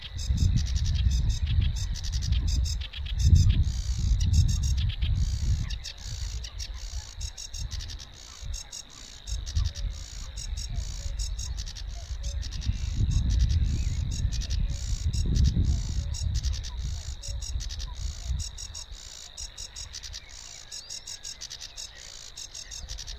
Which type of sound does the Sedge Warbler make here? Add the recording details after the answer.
song. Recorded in the wild. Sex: male. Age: adult. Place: Warsow, Kummerower See, Mecklenburg-Vorpommern, DE. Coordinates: 53.8375, 12.8344. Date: 2012-05-24 06:10. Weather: 8°C, sunny, weak winds from NE. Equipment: Sound Devices 702, Sennheiser MKH 70, Rycote Windschutz. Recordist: Frommolt, Karl-Heinz. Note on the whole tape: Polder Große Rosin bei Warsow: Gesang von zwei Schilfrohrsängern in einem ausgedehnten Seggenbestand. Parallel dazu erfolgte Vierkanalaufzeichnung. Entfernung 10 m. Zum Teil starke Windgeräusche